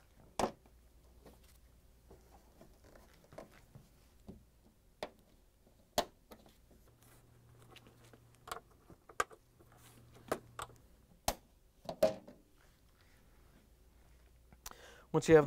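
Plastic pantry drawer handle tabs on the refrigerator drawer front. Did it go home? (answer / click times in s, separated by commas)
released / 0.4 s, 6.0 s, 9.2 s, 11.3 s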